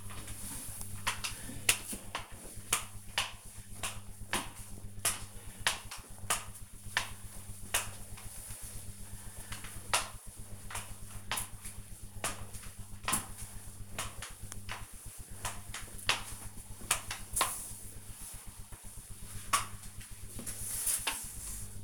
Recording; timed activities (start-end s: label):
household activities, microphone on the right wrist
0.00-21.84 s: floor cleaning